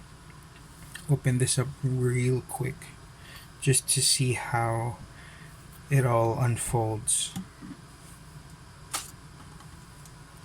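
Someone talks while handling a Hubsan Zino quadcopter drone, working a plastic folding arm on its hinged joint on the drone body toward its open position. Brief handling noises come between the speech, but the arm has not yet clicked or seated into place.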